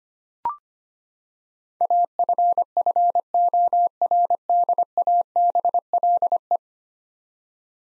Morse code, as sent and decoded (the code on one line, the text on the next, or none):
.- ..-. ..-. --- .-. -.. .- -... .-.. .
AFFORDABLE